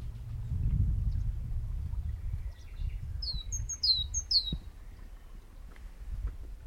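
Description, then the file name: Great tit utters three clear high notes, each stepping down in pitch, around the middle of the recording; low rumbling noise fills the rest. "Parus major"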